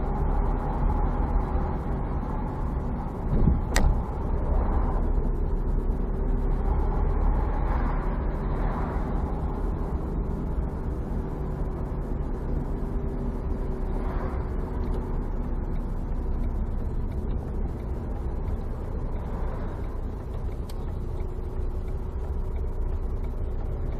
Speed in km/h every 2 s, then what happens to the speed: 27, 26, 24, 24, 27, 27, 25, 23, 21, 16, 11, 11.
0-10 steady at about 26. 10-20 slows to 11.